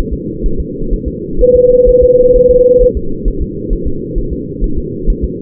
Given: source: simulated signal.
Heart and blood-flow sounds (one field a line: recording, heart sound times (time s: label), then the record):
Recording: fetal heart sounds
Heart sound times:
0.13 s: S2
0.46 s: S1
0.60 s: S2
0.93 s: S1
1.08 s: S2
1.41 s: S1
1.56 s: S2
1.89 s: S1
2.03 s: S2
2.36 s: S1
2.51 s: S2
2.82 s: S1
2.97 s: S2
3.28 s: S1
3.42 s: S2
3.73 s: S1
3.87 s: S2
4.18 s: S1
4.33 s: S2
4.64 s: S1
4.78 s: S2
5.10 s: S1
5.24 s: S2
From the record:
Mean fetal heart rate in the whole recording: 130 bpm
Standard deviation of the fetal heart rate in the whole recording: 4 bpm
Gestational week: 38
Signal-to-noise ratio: -8.1 dB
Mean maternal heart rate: 72 bpm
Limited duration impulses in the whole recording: present